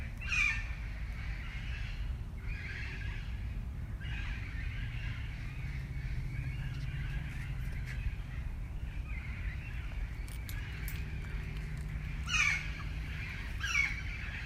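Parrot calls: a harsh squawk at the start and two more near the end, with a murmur of softer chatter and a low background rumble between them.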